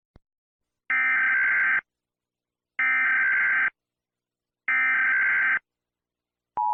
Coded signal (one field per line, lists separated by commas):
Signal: Emergency Alert System (SAME) tones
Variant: header bursts